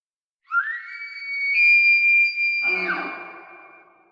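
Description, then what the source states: Roosevelt elk bugle: a clear whistle sweeps up and holds high and steady, then rough grating sounds join it as it fades. Roosevelt elk, the largest surviving elk in North America, known as "Rainforest Elk"; bugling male in a forest glade, Olympic National Park, Olympic Peninsula, Pacific Northwest; recorded with a parabolic microphone.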